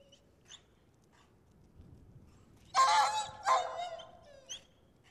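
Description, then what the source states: Dog giving two loud barks that trail into a drawn-out whine, with faint yips before and after. Two dogs barking and whining in a backyard.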